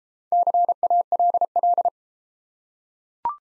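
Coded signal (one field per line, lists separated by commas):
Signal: Morse code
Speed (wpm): 29 wpm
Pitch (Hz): 700 Hz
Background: none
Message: CALL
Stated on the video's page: Morse practice of the top 100 words, starting fast and slowing to a 22 wpm base; top speed 1.5 times base, final repeat sent at maximum speed.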